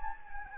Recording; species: mosquito wingbeat signal from an infrared sensor; Anopheles gambiae